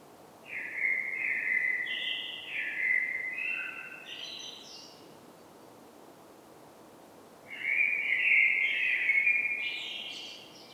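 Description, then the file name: Common blackbird singing two mellow warbled phrases a few seconds apart, each a flowing low whistle with high twitters. "Turdus merula"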